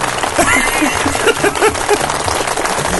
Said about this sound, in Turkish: Oradan yıldız çıktı. Hayda. Alkışlıyoruz.